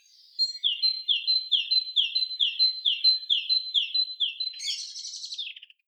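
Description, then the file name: Great tit repeating a clear two-note phrase, a high note then a lower one, many times at a steady pace, ending in a brief harsh, buzzy chatter. "Parus major"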